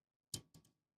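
Plastic 3D-printer filament is pushed into the inlet of a filament-changer lane, and the mechanism gives a sharp click at 0.3 s, followed by a softer tick at about 0.5 s. The filament clicks in and is seated.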